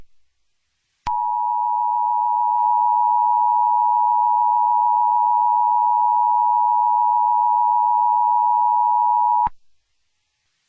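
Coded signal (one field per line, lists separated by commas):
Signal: Emergency Alert System (SAME) tones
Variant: 853 and 960 Hz attention tone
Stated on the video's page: Fictional EAS scenario, Five Nights at Freddy's themed.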